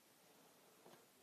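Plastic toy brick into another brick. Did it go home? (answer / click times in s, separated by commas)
no / none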